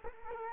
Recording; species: mosquito wingbeat signal from an infrared sensor; Culex quinquefasciatus